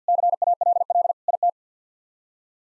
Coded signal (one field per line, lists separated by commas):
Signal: Morse code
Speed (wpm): 48 wpm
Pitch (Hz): 700 Hz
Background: none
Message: CALL IT